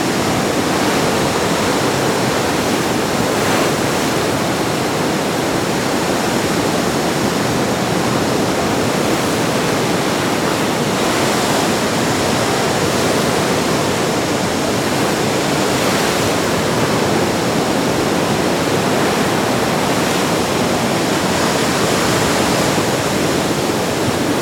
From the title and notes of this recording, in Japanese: 秘密の入江での満潮。激しい海の音。コーンウォールのライアンスコーブの荒々しい海岸線へと逃避し、強大な大西洋が冬の交響曲を披露します。古代の岩に激突する波の音。